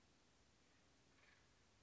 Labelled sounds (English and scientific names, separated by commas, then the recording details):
Acorn Woodpecker (Melanerpes formicivorus)
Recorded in Sonoma County, California